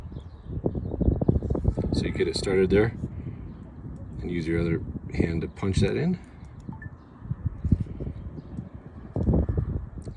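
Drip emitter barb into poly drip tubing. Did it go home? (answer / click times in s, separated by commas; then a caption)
yes / 9.2 s. A drip emitter's barbed point is punched by hand into polyethylene drip tubing, taking some force. Someone talks, with soft handling clicks and rustling throughout. The barb pops in and seats with a little click at 9.2 s.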